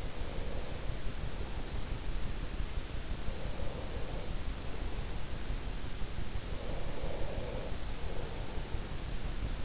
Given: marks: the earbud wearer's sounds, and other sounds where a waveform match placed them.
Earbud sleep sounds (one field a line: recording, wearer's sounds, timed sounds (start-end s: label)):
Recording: sounds in sleep by an in-ear microphone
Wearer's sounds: breath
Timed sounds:
0.00-2.16 s: breath
2.90-5.78 s: breath
6.36-9.14 s: breath